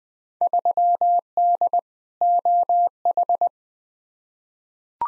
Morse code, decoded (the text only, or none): 3D OH